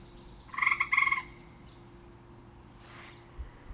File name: gray tree frogs michelle barnes